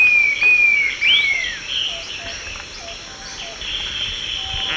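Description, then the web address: Dusky-tailed flatbill giving clear whistles that level off and then slide downward, with steady insect drone and scattered faint chirps behind. Recorded in Ecuador. "Birds of Ecuador 3. Dusky-Tailed Flatbill"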